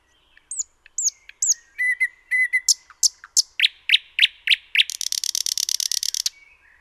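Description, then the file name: Common nightingale song: looping whistled notes, sharp clicks and rising strokes, speeding into a fast, dense, buzzy rattle at the end. "Luscinia megarhynchos 180914"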